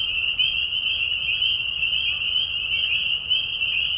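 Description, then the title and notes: Dense chorus of spring peepers, high clear peeps overlapping into an unbroken piercing trill. Mating call of spring peepers in a marsh at night during a short spring season; Tiny Marsh Conservation Area, Tiny, Ontario; high whistles at low volume. "Peeper frogs in the spring. Peeper frogs in a marsh at night. This is a mating call that happens during a very short season in the Spring. The high whistles at a low volume. Tiny Marsh Conservation area in Tiny, Ontario. Anton Pickard. Music for Sleep"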